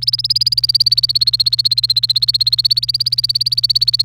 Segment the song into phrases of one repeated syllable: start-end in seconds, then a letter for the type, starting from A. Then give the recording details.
0.02-4.04 A. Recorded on 29 April 2018 at 15:19. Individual llb3